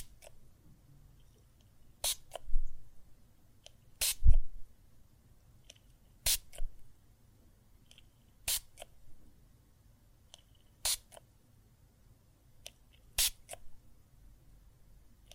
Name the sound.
Water and Soap Foam Sounds